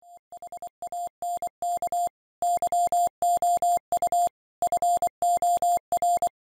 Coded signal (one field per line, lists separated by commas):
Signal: Morse code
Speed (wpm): 24 wpm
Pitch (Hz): 700 Hz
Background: none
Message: HANK YOU FOR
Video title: Receiving Satellite Signals with Wouxun Radio